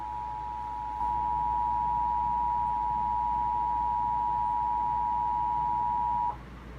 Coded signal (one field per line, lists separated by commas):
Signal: Emergency Alert System (SAME) tones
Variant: 853 and 960 Hz attention tone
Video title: Severe thunderstorm warning EAS